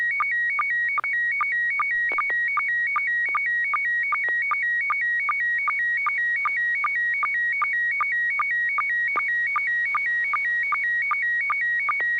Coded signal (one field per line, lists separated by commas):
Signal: SSTV (slow-scan television)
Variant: PD 50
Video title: N6NA SSTV Net - 04/14/2021